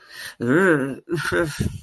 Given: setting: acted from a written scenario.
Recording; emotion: vocal sound without words; shame